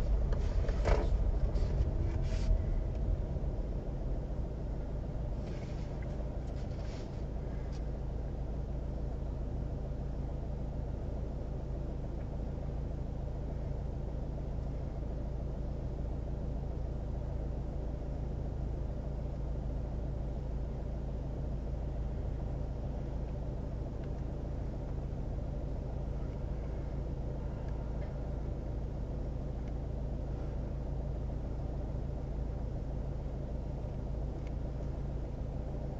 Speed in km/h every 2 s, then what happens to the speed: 7, 5, 1, 0, 0, 0, 0, 0, 0, 0, 0, 0, 0, 0, 0, 0, 0, 0.
0-4 slows to 1. 4-36 standing.